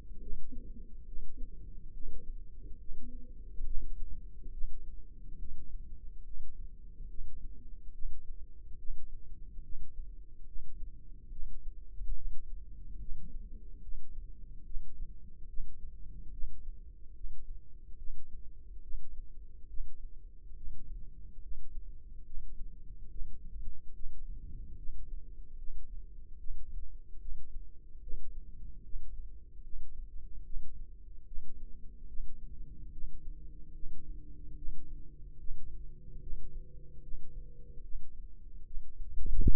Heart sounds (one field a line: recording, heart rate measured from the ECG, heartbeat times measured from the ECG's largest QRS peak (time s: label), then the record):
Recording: heart sounds by microphone in the left ear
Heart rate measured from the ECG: 72 bpm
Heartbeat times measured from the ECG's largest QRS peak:
0.22 s: heartbeat
1.07 s: heartbeat
1.94 s: heartbeat
2.79 s: heartbeat
3.66 s: heartbeat
4.53 s: heartbeat
5.40 s: heartbeat
6.25 s: heartbeat
7.09 s: heartbeat
7.94 s: heartbeat
8.79 s: heartbeat
9.64 s: heartbeat
10.47 s: heartbeat
11.31 s: heartbeat
12.16 s: heartbeat
13.00 s: heartbeat
13.83 s: heartbeat
14.65 s: heartbeat
15.49 s: heartbeat
16.32 s: heartbeat
17.15 s: heartbeat
17.98 s: heartbeat
18.83 s: heartbeat
19.69 s: heartbeat
20.56 s: heartbeat
21.42 s: heartbeat
22.26 s: heartbeat
23.10 s: heartbeat
23.95 s: heartbeat
24.78 s: heartbeat
25.59 s: heartbeat
26.39 s: heartbeat
27.21 s: heartbeat
28.02 s: heartbeat
28.84 s: heartbeat
29.64 s: heartbeat
30.45 s: heartbeat
31.27 s: heartbeat
32.09 s: heartbeat
32.93 s: heartbeat
33.75 s: heartbeat
34.57 s: heartbeat
35.40 s: heartbeat
36.22 s: heartbeat
37.03 s: heartbeat
37.84 s: heartbeat
38.66 s: heartbeat
39.48 s: heartbeat
From the record:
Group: healthy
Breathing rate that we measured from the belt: 16 breaths a minute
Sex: male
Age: 55 years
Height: 167 cm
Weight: 57.2 kg